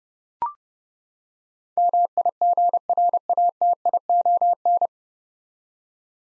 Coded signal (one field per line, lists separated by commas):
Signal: Morse code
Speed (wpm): 31 wpm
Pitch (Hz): 700 Hz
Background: none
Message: MIGRATION